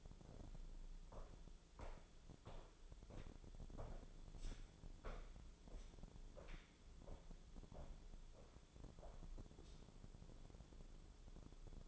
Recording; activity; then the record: daily activity, microphone in the room; walk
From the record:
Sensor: 5